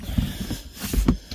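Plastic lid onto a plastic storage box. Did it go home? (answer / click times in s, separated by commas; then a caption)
no / none. A plastic lid is fitted onto a 45 litre plastic storage box used as a propagator and pressed down, giving a series of low, dull thumps and scrapes of plastic on plastic. Nothing has seated or clicked into place yet.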